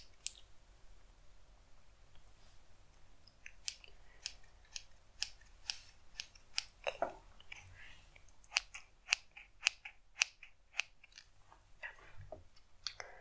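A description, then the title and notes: Crisp snipping of scissors during a haircut, quiet for the first few seconds and then coming in quick, regular clicks from about four seconds on. The cuts are bright and sharp against a very hushed, low background hum. ASMR Haircut Roleplay.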